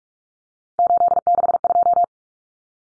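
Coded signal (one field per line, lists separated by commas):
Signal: Morse code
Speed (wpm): 44 wpm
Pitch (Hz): 700 Hz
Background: none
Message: 862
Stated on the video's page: Morse head-copy drill of three-digit numbers at 45 wpm, each number sent, spoken, then sent again.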